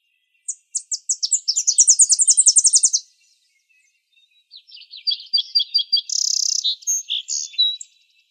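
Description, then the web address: Tennessee Warbler song: a high, dry chipping series that speeds into a rapid trill, a brief pause, then a second staccato run of sharp notes with a buzzy burst partway through. Sound library recording from the Arizona Field Ornithologists library, dated 050107. "Sound Library Vermivora Parula Dendroica AZFO TEWA deviche 050107"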